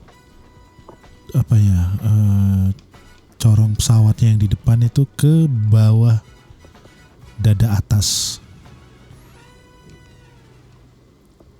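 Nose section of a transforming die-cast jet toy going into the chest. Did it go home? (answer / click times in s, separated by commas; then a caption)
no / none. A man talks while handling the nose section of a DX Chogokin Macross VF-25 Messiah Valkyrie Worldwide Anniversary die-cast metal jet toy during its robot-to-jet transformation. The front nose is folded down under the chest, to be pushed upward until it clicks into place, and music plays in the background. Nothing has seated or clicked yet in this clip.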